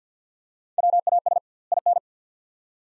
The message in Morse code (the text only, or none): WAS IN